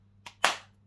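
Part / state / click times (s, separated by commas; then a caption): grip cover into air revolver frame over CO2 cartridge / seated / 0.4 s. The grip cover of an Umarex Tornado .44 air revolver, hooked on by its top tang and lined up with the mark, is pressed shut over the CO2 cartridge. A lighter tick comes at 0.3 s, then a loud, sharp click at 0.5 s that fades quickly over a steady low hum. The grip cover has latched into the frame and is seated.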